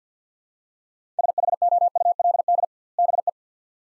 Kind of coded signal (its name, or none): Morse code